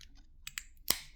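A new coin cell battery is pressed into its holder in the plastic key fob of a BMW X1 F48. A few light ticks at about 0.5 and 0.6 seconds lead up to a sharp, bright click at 0.9 seconds as the cell seats in place.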